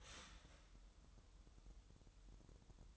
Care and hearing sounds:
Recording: daily activity, microphone in the room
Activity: start toaster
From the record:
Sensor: 3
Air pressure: 988.5 hPa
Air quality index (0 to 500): 194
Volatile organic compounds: 291 ppm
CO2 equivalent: 4460 ppm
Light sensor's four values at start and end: 23/72/30/26 and 23/72/30/26

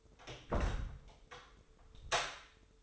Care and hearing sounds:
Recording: daily activity, microphone in the room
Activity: close door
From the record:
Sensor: 3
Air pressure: 1015.1 hPa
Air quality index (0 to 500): 169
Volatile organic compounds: 13 ppm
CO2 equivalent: 2416 ppm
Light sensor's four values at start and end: 14/36/14/15 and 15/38/15/16

